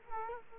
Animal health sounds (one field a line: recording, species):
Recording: mosquito wingbeat signal from an infrared sensor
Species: Culex quinquefasciatus